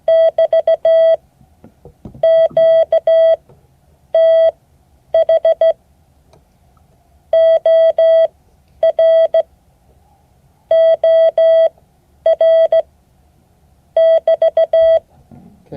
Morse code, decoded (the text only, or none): <BT> QTH OR OR <BT>